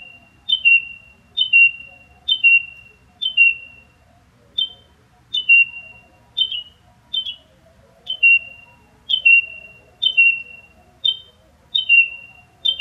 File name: patti edens - willis texas - carolina wren